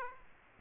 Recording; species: mosquito wingbeat signal from an infrared sensor; Aedes aegypti